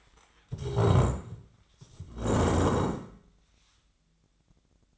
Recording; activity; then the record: daily activity, microphone in the room; stand up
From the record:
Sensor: 3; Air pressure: 1012.3 hPa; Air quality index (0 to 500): 168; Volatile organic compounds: 2 ppm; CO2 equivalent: 1290 ppm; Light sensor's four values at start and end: 113/241/120/132 and 91/205/100/110